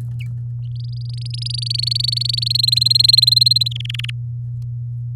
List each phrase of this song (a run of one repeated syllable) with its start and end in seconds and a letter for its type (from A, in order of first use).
0.76-2.61 A, 2.63-3.68 B, 3.71-4.10 C